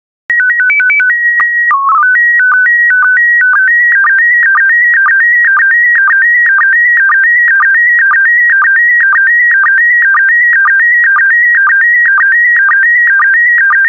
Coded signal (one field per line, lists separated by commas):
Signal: SSTV (slow-scan television)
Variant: PD 120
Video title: 93003 Brazil SSTV PD120